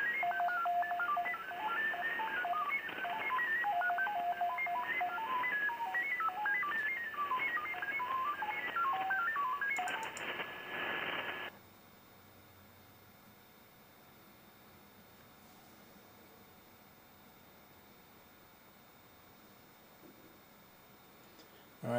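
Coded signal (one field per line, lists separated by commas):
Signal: FT8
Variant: SuperFox mode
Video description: A second FT8 QSO with the Jarvis Island DXpedition, this time on 20 Meters.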